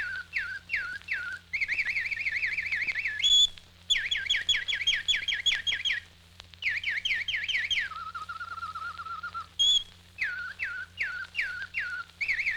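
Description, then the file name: Bird whistling falling notes, then looping warbles, rapid downslurred series and a low steady trill, returning to falling whistles, over a persistent hum. "G 21-04-Whistling Birds"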